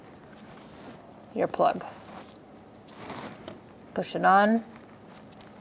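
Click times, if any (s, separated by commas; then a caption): none. A wiring harness plug is being handled and pushed toward a new crankshaft position sensor on a 2014-2019 Kia Soul 1.6L L4, where its locking tab is meant to engage. Someone talks over faint handling noises, with small taps around 3.5 and 5.4 seconds. Nothing has seated or clicked yet.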